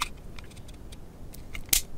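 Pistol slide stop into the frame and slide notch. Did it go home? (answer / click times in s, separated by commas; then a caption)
yes / 1.7 s. During reassembly of a Kimber Pro Carry II .45 ACP 1911 pistol, the metal slide stop (takedown lever) is lined up with the notch in the slide and pushed through into the aluminum frame. A few faint ticks come before a sharp, bright metallic click at 1.7 s as the slide stop snaps and locks into place.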